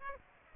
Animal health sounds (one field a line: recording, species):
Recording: mosquito wingbeat signal from an infrared sensor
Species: Aedes aegypti